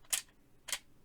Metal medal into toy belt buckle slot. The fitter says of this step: slot them in there like I'm gonna try to make sure you guys can hear it like has a nice click like see like